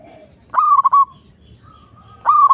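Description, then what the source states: Zebra dove song: two bright pulsed phrases, each rising quickly and then stuttering on a steady pitch, with a faint drawn-out note between them. Local (lokal) zebra dove, singing.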